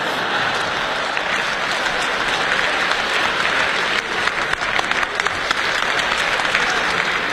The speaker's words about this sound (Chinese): 谢谢大家的掌声，谢谢。